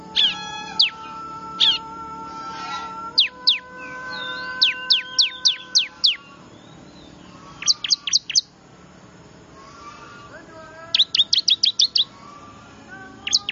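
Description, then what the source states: Bar-winged prinia giving irregular bursts of sharp, high chirps and short trills over a faint humming background. Noisy lure call, described as highly effective, used to attract wild birds.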